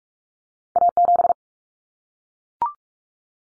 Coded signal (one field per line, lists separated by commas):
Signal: Morse code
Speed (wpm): 44 wpm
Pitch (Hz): 700 Hz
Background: none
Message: A7